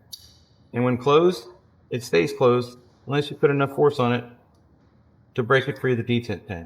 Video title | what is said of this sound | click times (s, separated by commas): ACME Build Your Own Kit | until the detent pin clicks into place. Now the pen is captured | 0.1 s